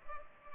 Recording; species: mosquito wingbeat signal from an infrared sensor; Culex pipiens